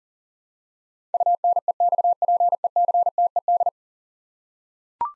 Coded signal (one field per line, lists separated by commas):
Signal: Morse code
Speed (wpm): 40 wpm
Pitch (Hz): 700 Hz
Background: none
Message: UNEXPECTED